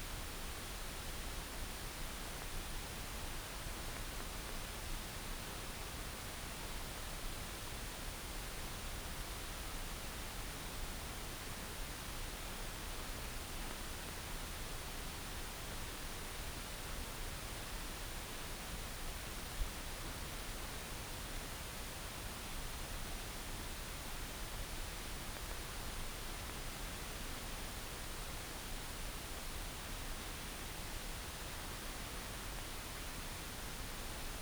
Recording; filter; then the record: brain microelectrode recording played as sound; wide band, above 20 Hz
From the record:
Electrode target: subthalamic nucleus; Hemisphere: right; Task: reaching with the left hand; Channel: 1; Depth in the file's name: 5.102 mm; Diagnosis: Parkinson's disease